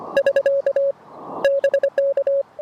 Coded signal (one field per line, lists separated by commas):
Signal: Morse code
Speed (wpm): 25 wpm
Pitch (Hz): 570 Hz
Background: none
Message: <SK> BK